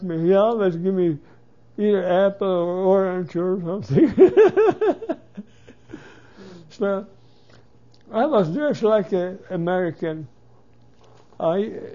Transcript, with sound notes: He always give me either apple or orange or something. (he laughs) But I was dressed like a American. I,